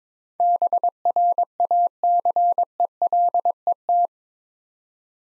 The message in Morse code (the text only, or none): BRACELET